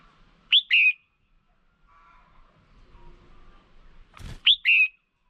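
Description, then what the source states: Red-whiskered bulbul with two loud, clear whistled double notes at the start and end, and a brief knock-like sound just before the second. Female.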